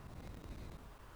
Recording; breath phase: one breath near a microphone; exhalation